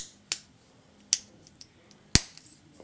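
A plastic blaster part is fitted onto a transforming robot toy. After sharp plastic ticks at 0.3 s and 1.1 s and a faint one at 1.6 s, the loudest, fuller snap comes at 2.2 s as the blaster seats into place.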